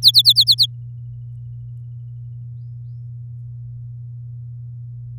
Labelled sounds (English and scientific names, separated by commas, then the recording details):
Domestic Canary (Serinus canaria) song
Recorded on 8 May 2018 at 05:40
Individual llb16